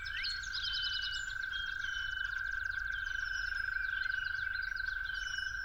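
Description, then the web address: Toad trill holds one even, continuous pitch beneath many overlapping bird chirps and quick whistled notes. Toads calling at dawn. "musicofnature Toads at Dawn"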